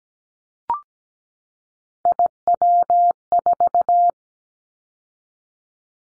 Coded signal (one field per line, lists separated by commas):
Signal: Morse code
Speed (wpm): 17 wpm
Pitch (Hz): 700 Hz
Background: none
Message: IW4